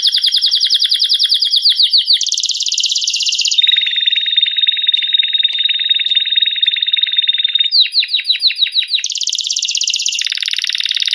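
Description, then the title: Canary singing a long chain of rapid trills, switching between high buzzy rolls and a lower steady rattling tour, with a sweeping rolled section in the latter half. Competition canary with national champion song, used for training songbirds. "Masteran Kenari Lomba Juara Nasional"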